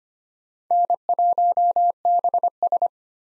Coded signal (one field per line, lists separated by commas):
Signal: Morse code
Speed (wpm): 25 wpm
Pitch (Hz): 700 Hz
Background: none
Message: N1BS